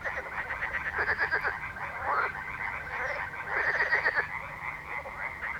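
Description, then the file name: Frogs croaking in a busy chorus, pulsed rattles overlapping, swelling in bursts. Frog ambience. "atmos frogs"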